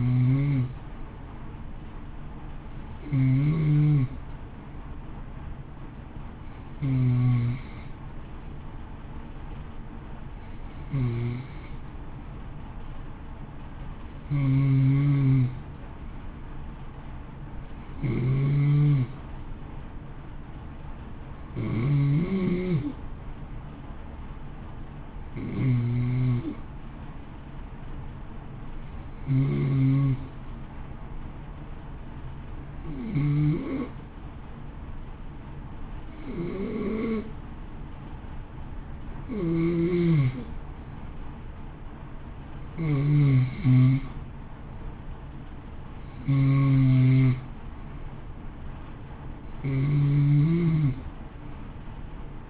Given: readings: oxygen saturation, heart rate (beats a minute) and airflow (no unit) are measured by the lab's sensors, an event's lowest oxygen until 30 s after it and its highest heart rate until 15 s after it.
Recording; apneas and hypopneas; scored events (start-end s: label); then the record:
breathing in sleep by a smartphone at the bedside; 1
32.00-43.80 s: hypopnea (N2, oxygen 92% highest, then 89% lowest, heart rate 57 at the start, 60 highest)
From the record:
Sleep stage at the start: N2 (light sleep); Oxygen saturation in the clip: 90 to 92%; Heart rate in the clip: 55 to 60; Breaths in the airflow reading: 16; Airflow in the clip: -0.7 to 1.0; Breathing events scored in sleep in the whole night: 328 in 6.3 hours asleep